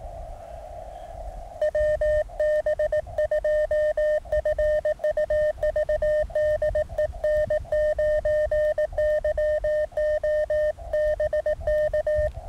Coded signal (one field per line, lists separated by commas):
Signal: Morse code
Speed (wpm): 19 wpm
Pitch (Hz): 1800 Hz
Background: none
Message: WB2FUV DE N9YO BK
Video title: Ultimate QRP ~ Mountain Topper MTR 3B Radio ~ Resonant Antenna ~ 9 Volts